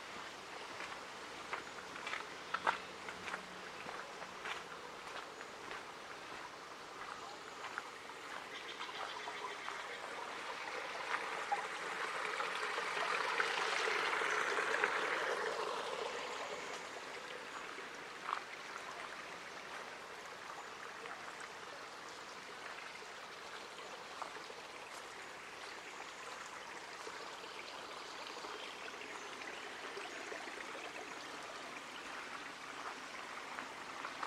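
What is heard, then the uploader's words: Outdoors at Hoyt Arboretum in Portland, Oregon: steady trickling water with scattered ticks, and a passing vehicle swelling around fifteen seconds. Hoyt Arboretum in Portland Oregon. A field recording only.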